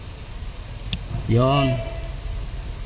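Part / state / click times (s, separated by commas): GPS tracker connector into end of vehicle harness / seated / 0.9 s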